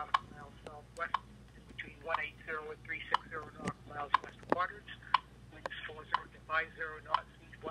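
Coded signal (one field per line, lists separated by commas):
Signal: radio time signal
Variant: WWV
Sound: male voice talking over short clicks once a second, about 8 in all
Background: speech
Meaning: Each tick marks one second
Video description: WWV and WWVH broadcasts can also be heard by telephone and about 2,000 calls are received daily, according to NIST. (To listen to the broadcasts by phone, dial +1-303-499-7111 for WWV and +1-808-335-4363 for WWVH).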